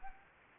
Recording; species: mosquito wingbeat signal from an infrared sensor; Anopheles arabiensis